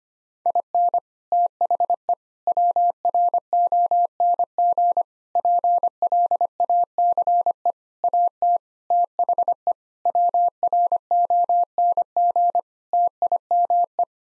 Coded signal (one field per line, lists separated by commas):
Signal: Morse code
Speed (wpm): 25 wpm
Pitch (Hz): 700 Hz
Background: none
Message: IN THE WRONG PLACE AT THE WRONG TIME